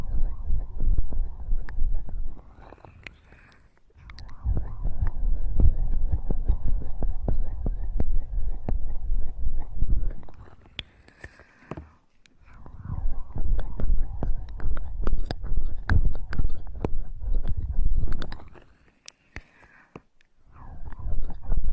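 Wet ear-eating sounds: moist smacking, slurps and clicks, with deep thumping low rumbles underneath. The mouth noises come in dense bursts of a few seconds, separated by brief near-silent pauses around 4, 12 and 19 seconds.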